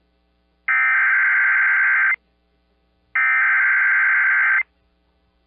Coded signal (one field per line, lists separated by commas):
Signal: Emergency Alert System (SAME) tones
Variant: header bursts